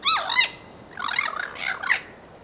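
Bird giving harsh, squawking calls: a wavering two-part squawk at the start, then three raspy, buzzy calls in quick succession.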